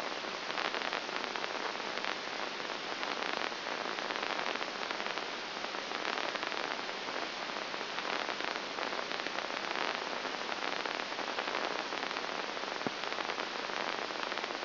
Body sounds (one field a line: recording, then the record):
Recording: brain microelectrode recording played as sound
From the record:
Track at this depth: outside the subthalamic nucleus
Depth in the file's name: 0.705 mm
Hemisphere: left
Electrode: 2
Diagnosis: Parkinson's disease